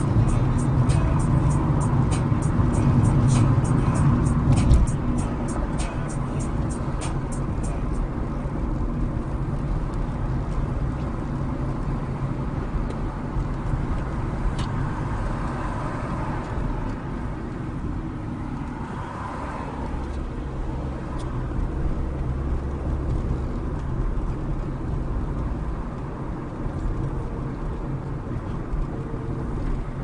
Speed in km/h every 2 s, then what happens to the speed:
53, 53, 53, 53, 52, 52, 50, 47, 35, 31, 39, 45, 47, 48, 47.
0-12 steady at about 53. 12-17 brakes to 31. 17-22 speeds up to 45. 22-30 steady at about 47.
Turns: none.